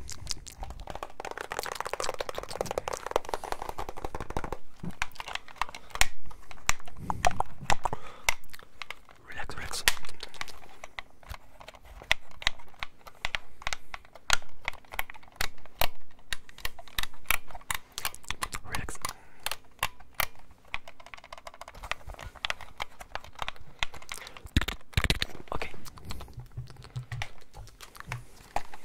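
Controller sounds made up of dense, quick clicks and taps that come in bursts and short runs, with brief pauses between them. A soft rustling sits under the first few seconds, and a low, faint hum runs steadily throughout.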